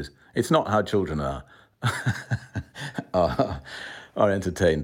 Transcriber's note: laughter